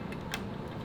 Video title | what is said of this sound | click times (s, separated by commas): How to Install a Hunter Fan the RIGHT Way - Hunter 59135 | maybe you wouldn't hear it but it clicked so you can see that there's three of these uh locking | 0.1 s, 0.3 s